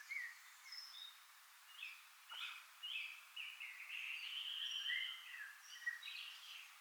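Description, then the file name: European robin song, a long run of high warbling notes and thin trills with short pauses, set against steady background hiss. "Erithacus rubecula"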